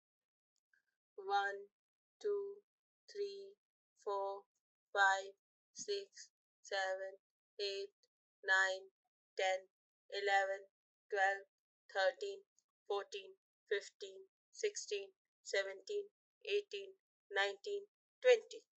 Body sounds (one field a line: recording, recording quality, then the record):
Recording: counting at a normal pace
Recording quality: excellent, no background noise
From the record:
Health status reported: healthy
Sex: female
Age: 33 years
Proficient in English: yes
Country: India